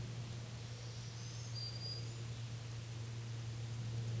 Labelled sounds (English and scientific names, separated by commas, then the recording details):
Black-throated Green Warbler (Setophaga virens) song
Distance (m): 45 m
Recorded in a Pennsylvania forest on 1 June 2023 at 08:59
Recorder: AudioMoth, point grid3_12_low
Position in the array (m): 218 m, 137 m